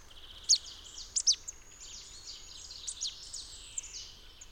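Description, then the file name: Marsh tit calls: a few loud, sharp, high chips close together, then softer downslurred notes over a steady background of high bird twittering. "Poecile palustris"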